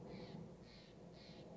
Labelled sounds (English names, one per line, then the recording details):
Steller's Jay
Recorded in Sonoma County, California